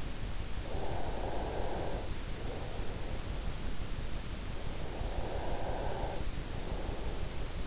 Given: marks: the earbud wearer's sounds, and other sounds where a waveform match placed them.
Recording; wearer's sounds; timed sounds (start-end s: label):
sounds in sleep by an in-ear microphone; breath
0.52-3.67 s: breath
4.67-7.67 s: breath